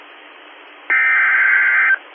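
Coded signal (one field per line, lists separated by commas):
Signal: Emergency Alert System (SAME) tones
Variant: header bursts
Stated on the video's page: Captured from NOAA weather radio station via website stream.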